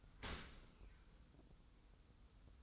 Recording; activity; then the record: daily activity, microphone in the room; open dishwasher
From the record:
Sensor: 3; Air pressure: 990.4 hPa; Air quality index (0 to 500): 193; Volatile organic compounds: 1000 ppm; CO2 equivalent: 6325 ppm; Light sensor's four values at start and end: 37/87/36/34 and 37/87/36/34